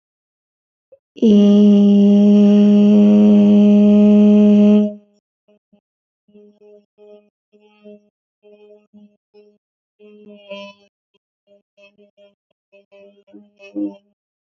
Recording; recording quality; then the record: sustained vowel as in made; excellent, no background noise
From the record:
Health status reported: healthy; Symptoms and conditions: none ticked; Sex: female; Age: 24 years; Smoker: not ticked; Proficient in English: yes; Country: India